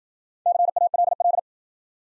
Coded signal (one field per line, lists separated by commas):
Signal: Morse code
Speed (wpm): 53 wpm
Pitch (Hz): 700 Hz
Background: none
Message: CALL